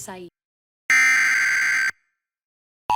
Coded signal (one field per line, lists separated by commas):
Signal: Emergency Alert System (SAME) tones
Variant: header bursts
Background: speech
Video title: EAS Alerts from September 10-11th, 2023 [EAS #1,082-1,095]